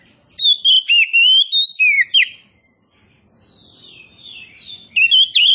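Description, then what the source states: Oriental magpie-robin song: loud, clear whistled notes sliding up and down, several sharp rapid phrases, a quiet pause, then a fresh burst of whistles at the end. Kacer poci, a named variety, described as gacor, singing vigorously.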